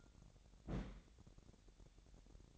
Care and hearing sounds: daily activity, microphone in the room; place on stove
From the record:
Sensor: 3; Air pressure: 1012.0 hPa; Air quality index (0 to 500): 219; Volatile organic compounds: 4 ppm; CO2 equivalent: 1630 ppm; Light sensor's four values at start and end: 93/220/91/81 and 93/220/91/81

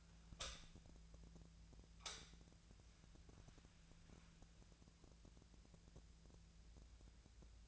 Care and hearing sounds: daily activity, microphone in the room; light on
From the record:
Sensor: 2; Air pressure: 1009.8 hPa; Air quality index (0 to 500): 182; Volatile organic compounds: 11 ppm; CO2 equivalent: 2269 ppm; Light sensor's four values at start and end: 30/72/31/35 and 34/85/37/40

